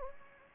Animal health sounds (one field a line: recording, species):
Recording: mosquito wingbeat signal from an infrared sensor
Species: Anopheles gambiae